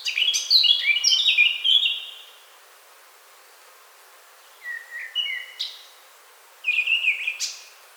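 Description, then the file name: Eurasian blackcap song: a lively two-second warble, a quiet gap, two short soft phrases, then another brief warbling burst. "Sylvia atricapilla"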